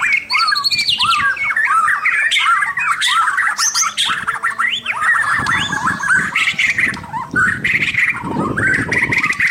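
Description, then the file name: White-rumped shama delivering a dense, continuous song of chattering whistles and slurs, with low rumbling noise joining in the second half. Local name murai batu; labelled mahkota. "suara-murai-batu-mahkota-v 2"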